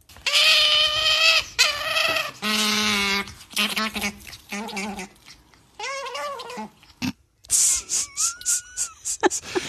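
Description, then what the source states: Eurasian otter calls: loud, harmonic squealing wails in several drawn-out bursts, then shorter chirping notes and a brief whistle near the end. Played recording; a second call from the same animal, presented as a guessing quiz.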